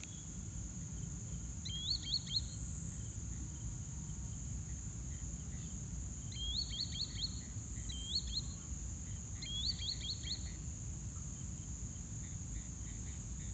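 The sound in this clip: Green Sandpiper calling in four bursts, each a fast run of three or four high, sharply rising whistles, over a constant low rumble and faint background hiss.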